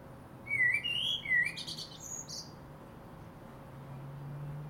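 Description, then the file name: Common blackbird giving one short fluted phrase that ends in high chittering notes, followed by quiet background rumble. "Turdus merula"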